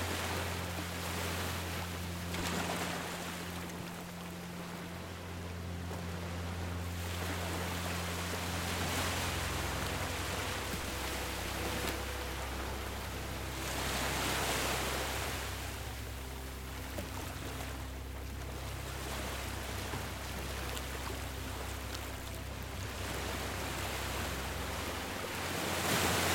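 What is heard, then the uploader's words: Ocean waves wash steadily onto the shore, swelling every few seconds, over a low sustained hum of tones that shift slowly underneath. Peaceful ocean waves meeting the shore with a serene ambient soundtrack.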